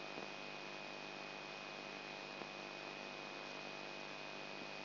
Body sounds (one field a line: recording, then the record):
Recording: brain microelectrode recording played as sound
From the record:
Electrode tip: outside the subthalamic nucleus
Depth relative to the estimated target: -3 mm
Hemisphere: left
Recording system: AlphaMap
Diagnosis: Parkinson's disease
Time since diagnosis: 9 years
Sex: male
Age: 58 years